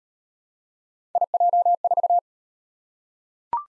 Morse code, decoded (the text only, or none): IJ4